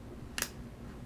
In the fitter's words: of the light like that you can hear it snap right into place